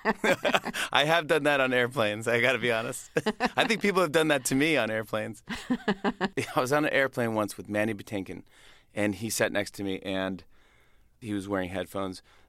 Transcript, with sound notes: I have done that on airplanes, I got to be honest. I think people have done that to me on airplanes.
(Laughter).
I was on an airplane once with Mandy Patinkin. And he sat next to me. And he was wearing headphones.